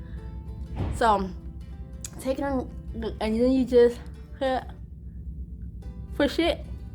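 Someone talks over background music while handling a clear plastic aligner tray, getting ready to push it back onto the teeth. Nothing has seated or clicked yet.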